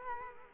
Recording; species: mosquito wingbeat signal from an infrared sensor; Culex quinquefasciatus